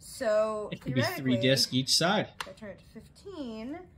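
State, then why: Not seated. A woman talks while the plastic weight selector dial of an adjustable dumbbell, sitting in its base, is about to be turned to the 15 lb setting. The dial is handled, but nothing has clicked into position yet.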